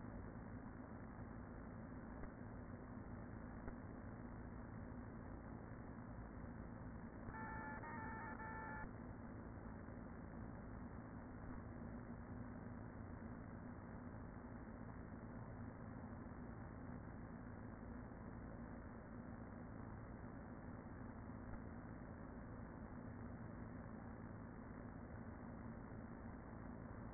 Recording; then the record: honeybee colony, microphone inside the hive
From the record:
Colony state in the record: queen present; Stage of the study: after two queens were removed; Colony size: about 40,000 bees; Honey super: no